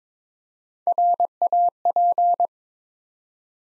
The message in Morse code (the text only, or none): RAP